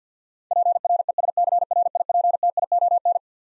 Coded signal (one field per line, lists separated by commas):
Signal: Morse code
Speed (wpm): 50 wpm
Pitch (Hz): 700 Hz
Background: none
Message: PRESCRIPTION